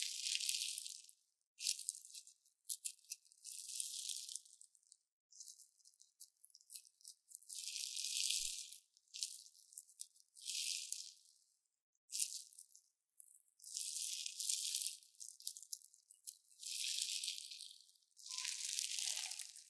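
Crunchy slime being squeezed and pressed, giving bursts of bright crackling and popping that come in irregular clumps of one to two seconds with short quiet gaps. The crackle is dense and high-pitched with almost no low sound, and a faint squelch appears near the end.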